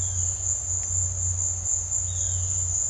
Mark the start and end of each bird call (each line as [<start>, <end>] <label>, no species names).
[0.00, 0.60] bird call
[2.05, 2.60] bird call